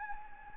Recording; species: mosquito wingbeat signal from an infrared sensor; Anopheles gambiae